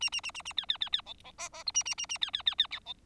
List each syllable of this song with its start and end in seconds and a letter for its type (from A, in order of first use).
0.01-0.10 A, 0.12-0.21 A, 0.23-0.31 A, 0.34-0.42 A, 0.45-0.53 A, 0.57-0.66 B, 0.69-0.77 B, 0.81-0.89 B, 0.92-1.01 B, 1.06-1.13 C, 1.24-1.31 C, 1.38-1.49 D, 1.53-1.63 D, 1.66-1.71 E, 1.74-1.83 A, 1.85-1.95 A, 1.98-2.06 A, 2.09-2.18 A, 2.21-2.31 B, 2.33-2.42 B, 2.46-2.55 B, 2.58-2.67 B